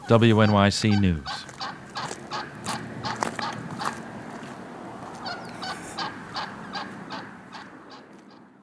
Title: Thanks to Sandy, Wild Turkeys Roam Where Bungalows Once Stood